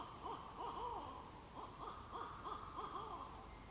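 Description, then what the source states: Owls hooting in chorus, short arched hoots overlapping and repeated in quick succession, with a steady background hiss. Chorus of several owls at 07:10 on 29 January 2012.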